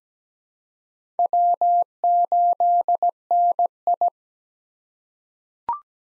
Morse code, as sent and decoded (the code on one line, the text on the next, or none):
.-- ---.. -. ..
W8NI